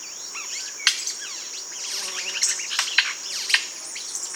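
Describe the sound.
Bird chirping busily, swept notes and sharp clicks in quick succession, above a continuous piercing insect drone.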